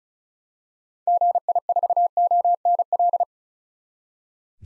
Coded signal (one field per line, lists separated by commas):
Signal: Morse code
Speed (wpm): 36 wpm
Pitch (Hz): 700 Hz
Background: none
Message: GI4ONL